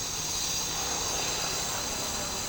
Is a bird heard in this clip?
no